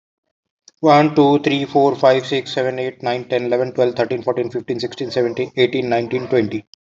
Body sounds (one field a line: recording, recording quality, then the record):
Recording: counting at a fast pace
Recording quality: excellent, no background noise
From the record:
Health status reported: healthy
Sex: male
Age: 43 years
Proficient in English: yes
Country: India